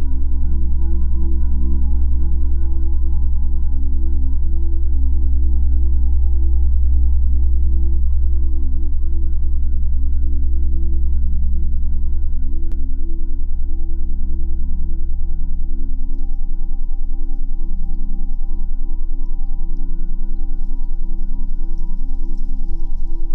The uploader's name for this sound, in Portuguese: Frequência 10Hz + 20 Hz